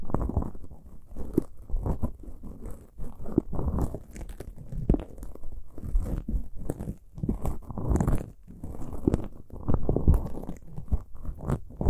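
Ear picking with dense, low rustling and crackly scraping, arriving in irregular bursts about every second, with occasional brighter scratches throughout.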